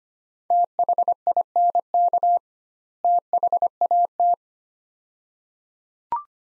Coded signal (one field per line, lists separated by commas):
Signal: Morse code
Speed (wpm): 25 wpm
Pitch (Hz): 700 Hz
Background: none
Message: THINK THAT